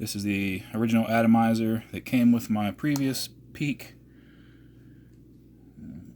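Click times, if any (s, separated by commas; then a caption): none. Someone talks while handling the original atomizer from a previous Puffco Peak, about to push it down into the tight socket of a replacement Lightning base for the electronic vaporizer, received January 16th and also not working (double rainbow lights). After the talking stops around 3.8 s there is quiet, with a faint handling sound near 5.8–6.1 s. Nothing has seated or clicked yet.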